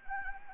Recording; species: mosquito wingbeat signal from an infrared sensor; Anopheles arabiensis